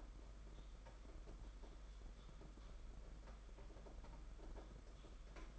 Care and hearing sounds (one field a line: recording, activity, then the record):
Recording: daily activity, microphone in the room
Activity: typing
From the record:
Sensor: 5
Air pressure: 991.9 hPa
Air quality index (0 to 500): 164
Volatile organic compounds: 377 ppm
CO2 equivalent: 4632 ppm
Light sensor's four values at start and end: 31/107/40/42 and 31/107/40/42